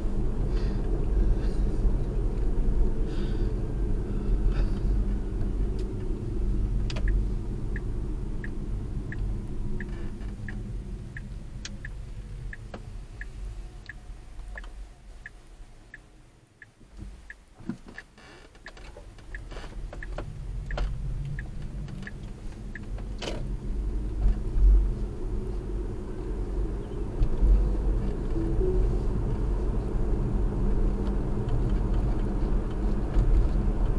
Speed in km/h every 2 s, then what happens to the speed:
47, 42, 35, 29, 24, 13, 6, 0, 0, 0, 15, 26, 37, 48, 53, 56, 58.
0-14 slows to 0. 14-18 standing. 18-34 pulls away to 58.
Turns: 18-21.